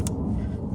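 A plastic wiring harness connector is pushed onto the ignition coil of a 2003–2011 Honda Element, CR-V or Accord after the spark plug is replaced. A single sharp click sounds at 0.1 s over a steady low rumble, showing the connector has seated fully.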